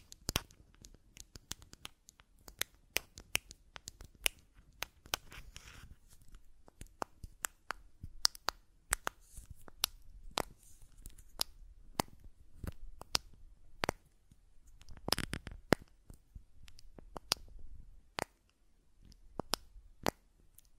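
Buttons click and tap in quick, irregular bursts, each sound a sharp, bright snap that stops at once. The clicks come several per second, sometimes in rapid clusters, with a few louder, fuller taps around 0.5, 5, and 15 seconds over a faint low rumble.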